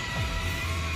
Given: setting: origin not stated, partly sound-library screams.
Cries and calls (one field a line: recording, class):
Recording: one-second piece from a danger detection set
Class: woman in danger